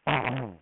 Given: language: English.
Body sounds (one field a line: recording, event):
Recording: throat vibration sensor signal played as sound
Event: throat clearing